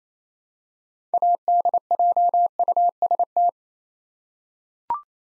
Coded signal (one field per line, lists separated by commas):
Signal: Morse code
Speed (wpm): 28 wpm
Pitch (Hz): 700 Hz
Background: none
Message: ADJUST